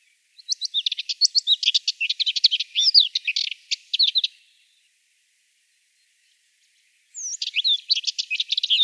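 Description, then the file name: Subalpine warbler song: a fast, scratchy warble of high chirps and twittering notes for about four seconds, a silent pause, then the song starts again. "Slavka belousaja"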